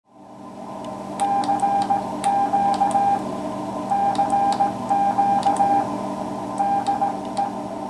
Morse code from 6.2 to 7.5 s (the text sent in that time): DE